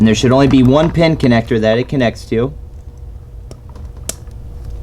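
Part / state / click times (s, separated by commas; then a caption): tuner wiring harness plug into the TMAP sensor pin connector / seated / 4.1 s. Someone talks, then pushes the tuner kit's wiring harness plug onto the single matching pin connector at the TMAP sensor on a 2015 Jeep Grand Cherokee 3.0 diesel. A few faint ticks lead up to one sharp, loud plastic click at 4.1 s as the plug seats.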